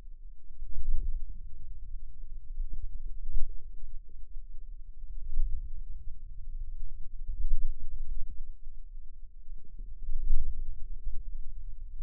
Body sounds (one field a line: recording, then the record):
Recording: forearm muscle sounds (acoustic myography)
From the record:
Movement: wrist extension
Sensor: system 2, bracelet of six BSWA MPA416 microphones around the upper forearm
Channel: 2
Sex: female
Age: 22 years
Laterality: right